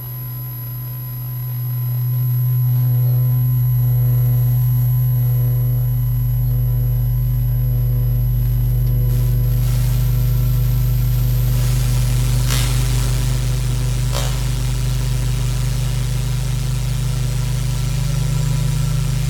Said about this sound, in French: Plus du bruit d'une machine à laver qui décompense, je vais ajouter un rasoir électrique.